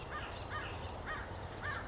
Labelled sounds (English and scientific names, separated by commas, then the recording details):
American Crow (Corvus brachyrhynchos)
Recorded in Sonoma County, California